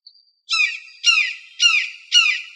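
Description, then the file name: Red-shouldered hawk giving four strident downslurred screams in steady succession after a brief thin note, evenly spaced about half a second apart. Recorded 15 March 2003. "AZFO RSHA deviche"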